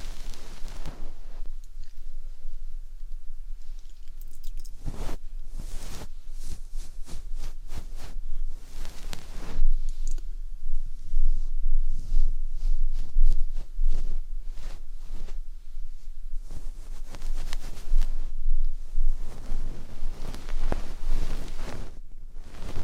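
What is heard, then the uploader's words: Crackly ear cleaning and massage sounds: dense bursts of clicks and rustles, with sharp scratchy strokes around 5, 9 and 16 seconds. The activity is busiest in the middle stretch. ASMR Summer Night Ear Cleaning & Massage.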